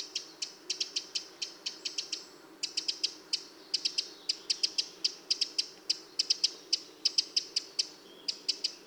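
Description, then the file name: Eurasian wren uttering rapid, dry tick calls, steady runs of sharp clicks with a few brief breaks throughout. "Troglodytes troglodytes"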